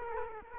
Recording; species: mosquito wingbeat signal from an infrared sensor; Culex quinquefasciatus